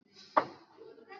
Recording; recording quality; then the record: counting at a fast pace; poor, much background noise or distortion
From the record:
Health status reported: COVID-19 positive, mild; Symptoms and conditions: sore throat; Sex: female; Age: 25 years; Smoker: not ticked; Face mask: not worn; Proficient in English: yes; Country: India